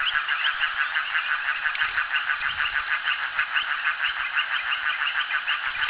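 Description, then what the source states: Frogs croaking together, a rhythmic pulsing chorus of nasal notes about three per second, with a faint low rumble underneath. Frogs calling at a jetty.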